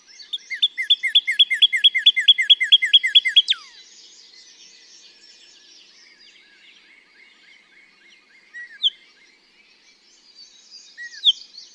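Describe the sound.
Northern Cardinal song of quick repeated down-slurred notes for about three and a half seconds, ending in a sharp falling note, followed by quiet with a few scattered notes.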